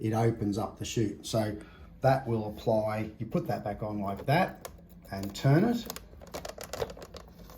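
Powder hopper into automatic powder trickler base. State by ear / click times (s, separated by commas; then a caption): seated / 6.7 s. A square powder hopper is put back onto the base of a Kaizen V4 automatic powder trickler and turned, which opens the chute. Someone talks, then a series of small clicks is heard near the end, with the main click at 6.7 s. The hopper is locked into place and open to feed powder into the main tube.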